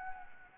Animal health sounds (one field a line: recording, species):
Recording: mosquito wingbeat signal from an infrared sensor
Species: Anopheles gambiae